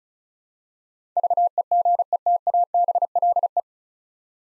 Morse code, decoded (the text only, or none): VEGETABLE